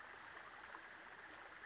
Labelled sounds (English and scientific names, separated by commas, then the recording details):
Western Flycatcher (Empidonax difficilis)
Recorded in Sonoma County, California